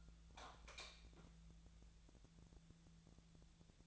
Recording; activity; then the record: daily activity, microphone in the room; light on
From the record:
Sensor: 3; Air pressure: 1000.0 hPa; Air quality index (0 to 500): 125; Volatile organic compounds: 2 ppm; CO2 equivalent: 1116 ppm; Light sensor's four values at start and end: 37/94/40/44 and 40/103/43/47